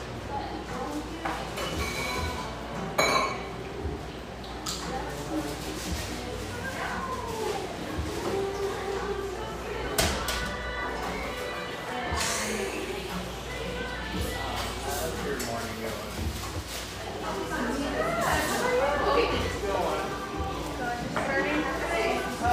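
A busy cafe with a steady murmur of overlapping voices, several conversations blending into a dense chatter. Sharp clinks and clatters of dishes or cutlery cut through every few seconds, with a loud clack near three seconds and another around ten.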